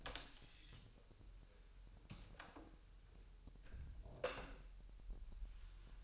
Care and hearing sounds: daily activity, microphone in the room; close door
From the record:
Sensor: 2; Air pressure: 1001.0 hPa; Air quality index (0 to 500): 249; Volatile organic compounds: 95 ppm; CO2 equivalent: 3720 ppm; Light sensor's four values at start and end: 10/23/9/9 and 9/23/9/9

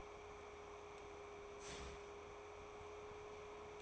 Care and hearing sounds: daily activity, microphone in the room; start toaster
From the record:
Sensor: 1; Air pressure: 1014.7 hPa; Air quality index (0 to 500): 195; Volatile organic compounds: 30 ppm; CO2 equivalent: 2956 ppm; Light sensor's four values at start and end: 4/9/3/3 and 4/9/3/3

